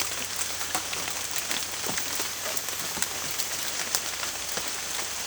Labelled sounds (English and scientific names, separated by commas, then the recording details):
none
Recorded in secondary vegetation near Puerto Asís, Putumayo, Colombia, on 27 June 2025
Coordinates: 0.488, -76.319
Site G094